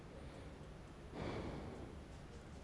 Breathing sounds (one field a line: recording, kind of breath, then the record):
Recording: one breath in and out by a microphone near the nose and mouth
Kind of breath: normal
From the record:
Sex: male